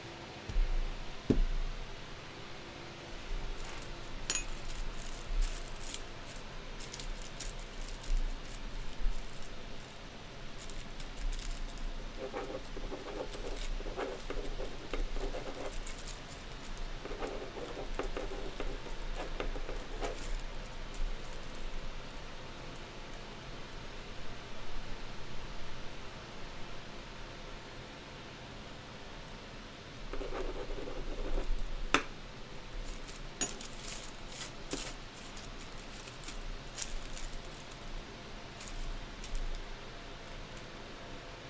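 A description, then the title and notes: Candle dressing with shuffling and cutting sounds: small scrapes and clicks come in scattered clusters, busiest around 3–8, 12–21 and 30–37 seconds. Brief rustling bursts sit in the middle range, over a steady low hum, with quieter stretches between. ASMR soundscape triggers candle dressing, shuffling, and cutting sounds.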